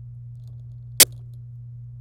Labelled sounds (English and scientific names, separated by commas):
Domestic Canary (Serinus canaria) song